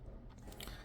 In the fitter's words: okay let me snap it back in place now